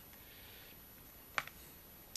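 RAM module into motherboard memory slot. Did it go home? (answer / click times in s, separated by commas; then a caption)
yes / 1.4 s, 2.2 s. A RAM stick is pressed gently on both ends into a motherboard DIMM slot so the side latches engage. Against a quiet hiss, a sharp click comes at 1.4 s with a softer tick just after, and another click at 2.2 s. The memory module seats in the slot.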